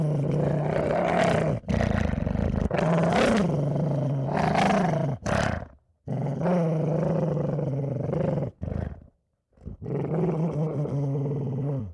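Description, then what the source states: Dog growl, deep and rasping, nearly continuous rumbling snarls with brief pauses, swelling and fading in uneven waves. Vicious growling.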